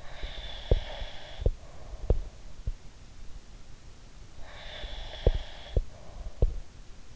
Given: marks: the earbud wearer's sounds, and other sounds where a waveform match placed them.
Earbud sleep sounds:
sounds in sleep by an in-ear microphone; breath
0.00-2.56 s: breath
0.15-2.72 s: sound from someone else or the room
4.41-6.70 s: breath
4.79-6.57 s: sound from someone else or the room

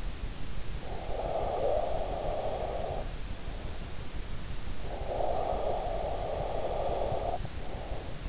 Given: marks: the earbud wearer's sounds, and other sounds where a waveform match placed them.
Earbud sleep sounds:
sounds in sleep by an in-ear microphone; breath
0.75-3.68 s: breath
4.62-8.29 s: breath

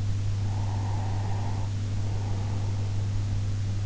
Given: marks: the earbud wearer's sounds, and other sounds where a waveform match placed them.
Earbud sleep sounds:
sounds in sleep by an in-ear microphone; breath
0.39-3.20 s: breath

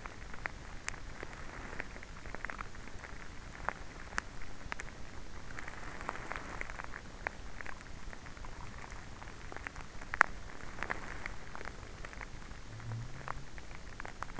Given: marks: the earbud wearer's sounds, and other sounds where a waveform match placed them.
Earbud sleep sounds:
sounds in sleep by an in-ear microphone; teeth grinding
0.00-6.31 s: teeth grinding
6.77-14.40 s: teeth grinding

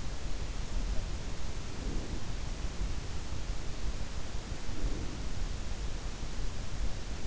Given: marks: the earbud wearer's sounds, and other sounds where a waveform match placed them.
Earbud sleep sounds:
sounds in sleep by an in-ear microphone; breath
1.54-2.47 s: breath
4.47-5.58 s: breath

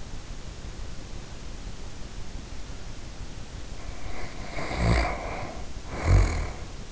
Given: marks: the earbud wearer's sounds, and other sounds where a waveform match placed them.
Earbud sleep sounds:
sounds in sleep by an in-ear microphone; snoring breath
3.68-6.92 s: snoring breath

